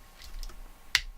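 A bike light slides onto a typical handlebar mount, with faint soft scraping before one sharp, bright click at 0.9 s as it locks into place. The light seats firmly in the mount, a bit stiff on the way in.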